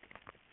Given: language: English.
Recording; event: throat vibration sensor signal played as sound; swallow